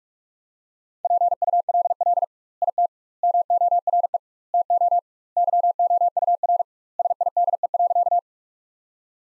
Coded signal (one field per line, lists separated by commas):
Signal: Morse code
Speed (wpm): 46 wpm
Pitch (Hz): 700 Hz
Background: none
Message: PULL IT MORE TO YOUR SIDE.